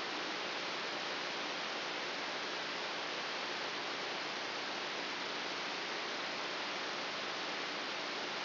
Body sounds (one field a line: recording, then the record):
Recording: brain microelectrode recording played as sound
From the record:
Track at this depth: outside the subthalamic nucleus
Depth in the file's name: 6.401 mm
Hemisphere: right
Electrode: 3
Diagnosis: Parkinson's disease